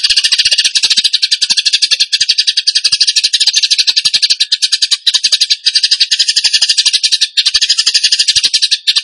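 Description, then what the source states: Bird song with fast, scratchy, high-pitched chatter pouring out in near-unbroken rattling bursts, pausing only briefly now and then. Bird singing in the gacor tembakan style, used for masteran training.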